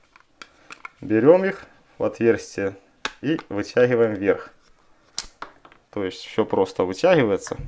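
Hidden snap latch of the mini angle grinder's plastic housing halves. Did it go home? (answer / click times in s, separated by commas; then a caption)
released / 5.2 s. Someone talks while a screwdriver is put into the hole of one of the two hidden snap latches on the plastic housing halves of a Heimerdinger LB201 mini angle grinder and levered upward. A sharp snap at 5.2 s marks the latch popping open and releasing. A few light ticks are heard near the start.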